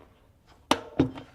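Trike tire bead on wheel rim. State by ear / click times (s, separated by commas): released / 0.7 s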